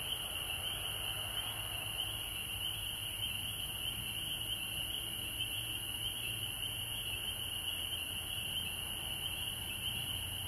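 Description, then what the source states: Frogs sounding together in a steady shrill chorus of overlapping high calls, unbroken from start to finish, over a low background rumble. Recorded at home in Georgia on March 19, 2020.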